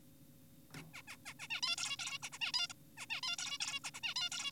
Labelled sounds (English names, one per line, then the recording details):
Zebra Finch
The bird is an adult
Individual g4p5U